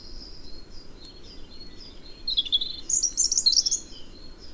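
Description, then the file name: European robin song, thin high whistles giving way to a bright burst of rapid, twittering, high-pitched notes, then quieter whistles, with faint background noise. "Erithacus rubecula"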